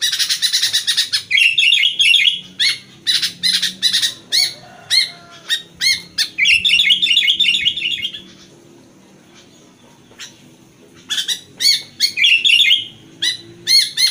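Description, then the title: Sooty-headed bulbul song: bursts of bright, chattering chirps and bubbly warbled phrases, pausing for a few seconds late on before resuming. "Kutilang"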